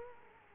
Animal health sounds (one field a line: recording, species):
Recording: mosquito wingbeat signal from an infrared sensor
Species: Culex quinquefasciatus